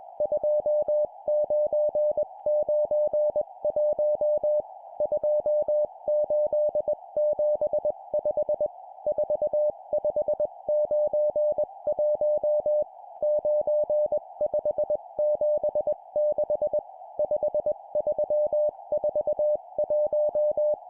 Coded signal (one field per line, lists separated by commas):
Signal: Morse code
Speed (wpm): 21 wpm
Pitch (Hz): 600 Hz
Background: music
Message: 2991 2875 4591 9576 5341